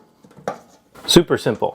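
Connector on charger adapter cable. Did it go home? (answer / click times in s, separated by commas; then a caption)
yes / 0.5 s. A loose connector on an EG4 Chargeverter adapter cable is snapped back into place on the charger adapter cable, and one sharp snap sounds at 0.5 s as it seats. Someone talks before and after the snap.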